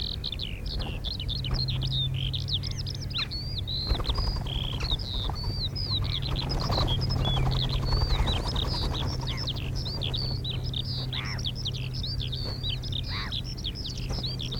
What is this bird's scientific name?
Philomachus pugnax